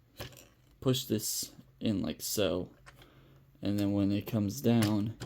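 A hinged plastic torso panel on a Transformers Legacy Evolution Armada Universe Optimus Prime action figure is handled during transformation while someone talks, with brief small plastic taps around 0.4, 2.9 and 3.0 seconds. The panel has not yet been brought down and locked into the figure's body; nothing has seated or clicked into place yet.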